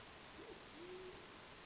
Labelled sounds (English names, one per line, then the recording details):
Band-tailed Pigeon
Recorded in Sonoma County, California